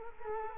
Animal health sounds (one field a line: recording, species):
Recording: mosquito wingbeat signal from an infrared sensor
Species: Culex quinquefasciatus